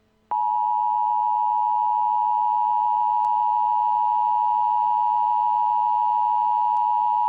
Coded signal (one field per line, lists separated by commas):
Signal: Emergency Alert System (SAME) tones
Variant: 853 and 960 Hz attention tone